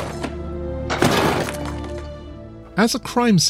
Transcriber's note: soundbite of objects banging